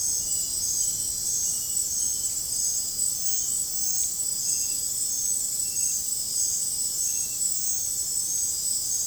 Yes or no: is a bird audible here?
no